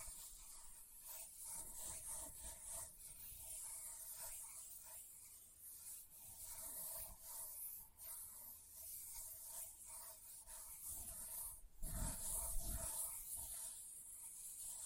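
Leather is scratched and rubbed in a steady, dense rasping texture, with a bright hiss riding over it throughout. Soft low thumps from tapping land irregularly, a little more often past the midpoint, with a stronger knock near twelve seconds.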